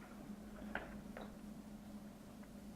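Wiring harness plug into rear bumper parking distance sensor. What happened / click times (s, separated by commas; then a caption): The plug is being handled and has not yet clicked home / none. A wiring harness plug is handled against the back of a plastic rear bumper parking distance sensor on a BMW E39 M5 during refitting. Two short handling knocks land at about 0.8 s and 1.2 s over a steady low hum. Nothing has clicked or seated yet.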